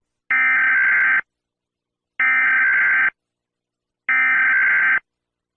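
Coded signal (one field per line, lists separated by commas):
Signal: Emergency Alert System (SAME) tones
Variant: header bursts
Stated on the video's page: Fictional EAS scenario made for fun, not a real alert.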